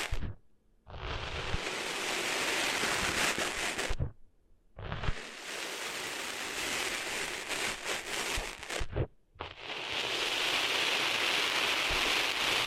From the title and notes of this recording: ASMR Cleaning Sand Out of Your Ears (No Talking).